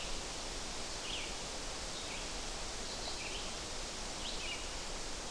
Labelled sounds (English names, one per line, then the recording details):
Red-eyed Vireo song
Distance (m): 60 m
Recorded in boreal forest in Alberta, Canada, on 12 June 2016 at 07:31
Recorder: SongMeter 3, array SBT-3-18
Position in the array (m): 203 m, 128 m